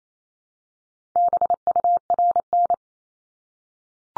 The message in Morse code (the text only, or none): BURN